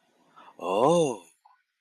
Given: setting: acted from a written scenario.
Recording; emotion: vocal sound without words; interest